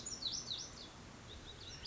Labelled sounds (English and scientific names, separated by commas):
Lazuli Bunting (Passerina amoena)